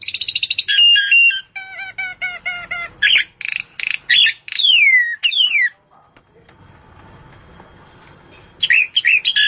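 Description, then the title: Long-tailed shrike singing a varied medley of harsh chattering notes, stuttered pulses and downward-sweeping whistles, then a quiet pause before a final burst of scratchy notes. "Kicau Burung Pentet"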